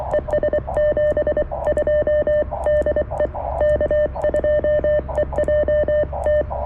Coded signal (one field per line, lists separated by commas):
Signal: Morse code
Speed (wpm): 23 wpm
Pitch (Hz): 600 Hz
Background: none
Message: ES 72 DE K2EJT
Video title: CW POTA with the NEW CFT-1 by Jonathan Kayne KM4CFT!